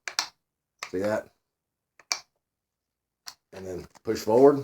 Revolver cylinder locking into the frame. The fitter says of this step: right now you can just turn it in the locks in place see